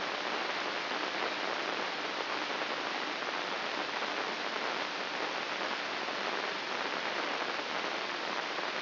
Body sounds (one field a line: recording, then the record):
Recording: brain microelectrode recording played as sound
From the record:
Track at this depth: inside the subthalamic nucleus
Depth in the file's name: 5.083 mm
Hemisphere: left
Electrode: 2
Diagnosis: Parkinson's disease